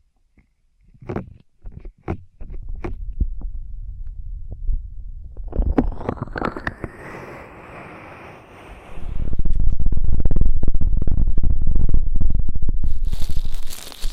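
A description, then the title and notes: Ear cleaning ASMR with scattered crackles and taps early, then a dense scratching rustle from about six seconds, growing louder and steadier past nine. ASMR Intense Electrifying Ear Cleaning.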